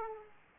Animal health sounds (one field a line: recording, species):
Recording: mosquito wingbeat signal from an infrared sensor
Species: Aedes aegypti